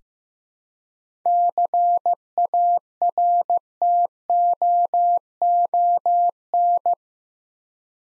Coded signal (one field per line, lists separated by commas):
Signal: Morse code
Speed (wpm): 15 wpm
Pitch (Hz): 700 Hz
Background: none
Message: CARTOON